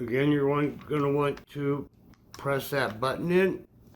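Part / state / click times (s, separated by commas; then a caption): pistol barrel assembly onto frame / not seated / none. During reassembly of a Smith & Wesson 22A .22 semi-auto pistol after cleaning, the takedown button is pressed in while the steel barrel assembly is handled onto the frame, as someone talks throughout. Nothing has seated or clicked yet; the clip ends just before the barrel goes home.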